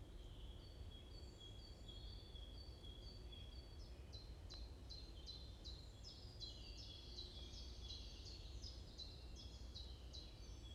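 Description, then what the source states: Birds chirping: soft high pips build into a dense, rapid series of bright descending chips, steady low rumble beneath. Morning birds chirping in a forest at Bosvoorde, Watermaal-Bosvoorde, Brussels, Belgium; described as peaceful; recorded with an AMBE VR microphone.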